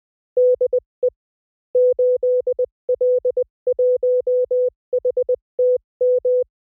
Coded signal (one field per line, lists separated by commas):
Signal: Morse code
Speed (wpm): 20 wpm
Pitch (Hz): 500 Hz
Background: none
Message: DE 8L1HTM